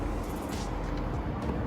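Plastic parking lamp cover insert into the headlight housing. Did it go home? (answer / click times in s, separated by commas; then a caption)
no / none. A plastic parking lamp cover insert is handled at the headlight housing of a Mercedes C230 W203 while a new parking bulb is being replaced. Only steady low rumbling background noise is heard, with no sharp hits. Nothing has seated or clicked yet.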